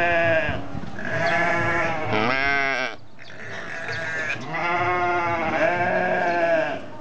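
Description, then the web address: Sheep bleating, several wavering harmonic bleats, a short higher quavering one near two seconds, then longer continuous bleats after a brief pause. "aso-bit 2018 sheep"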